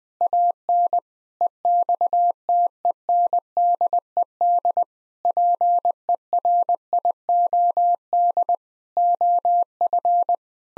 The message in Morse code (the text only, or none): AN EXTENDED PERIOD OF